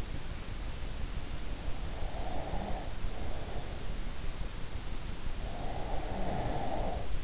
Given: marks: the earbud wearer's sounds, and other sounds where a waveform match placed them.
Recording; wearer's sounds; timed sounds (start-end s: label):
sounds in sleep by an in-ear microphone; breath
2.13-3.82 s: breath
5.88-7.24 s: breath